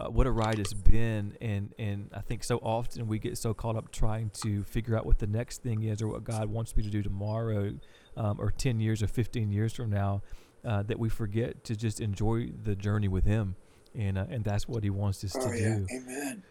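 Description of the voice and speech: A man speaks fluently in a relaxed, conversational manner at a low-moderate pitch, with natural intonation and brief pauses between phrases. The voice is clear and steady, with only slight creak at phrase ends: ordinary adult male speech.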